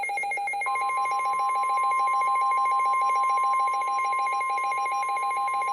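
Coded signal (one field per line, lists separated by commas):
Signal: Emergency Alert System (SAME) tones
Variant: 1050 Hz attention tone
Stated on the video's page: Pre-dawn real EAS alerts, including a 15-county polygon.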